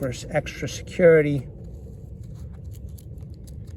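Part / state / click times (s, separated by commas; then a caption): snap fastener of sheath retention strap / not seated / none. Someone talks briefly as the snap-fastener retention strap of a nylon sheath is handled over a Lionsteel KC-01 bushcraft knife in CPM-3V steel, about to be closed for extra security. After the talking stops, only faint small ticks sound over a quiet background. The strap has not snapped closed yet, and nothing has seated.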